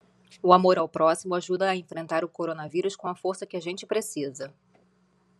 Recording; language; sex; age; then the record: spoken sentence; Brazilian Portuguese; female; 40 to 49 years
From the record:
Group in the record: control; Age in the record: 41 years